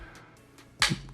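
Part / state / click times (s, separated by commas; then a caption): hinge protection piece into phone case / seated / 0.8 s. A hinge protection piece with an S Pen holder is fitted into the small holes and cutouts of a plastic case for a Samsung Galaxy Z Fold 3. After faint handling sounds, it locks into place with a sharp click at 0.8 s, followed by a brief lower knock. The piece is seated in the case.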